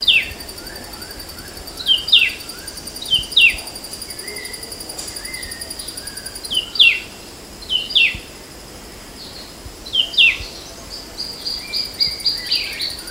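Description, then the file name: Temminck's babbler giving short downslurred notes, often in pairs or small clusters, at irregular intervals, against a continuous thin high hum. Recorded on 14 August 2009. "20090814"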